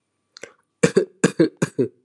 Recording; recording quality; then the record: shallow voluntary cough; excellent, no background noise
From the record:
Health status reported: healthy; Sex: male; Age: 19 years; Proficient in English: yes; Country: India